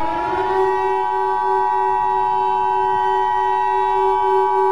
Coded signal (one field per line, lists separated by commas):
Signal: Emergency Alert System (SAME) tones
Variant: 853 and 960 Hz attention tone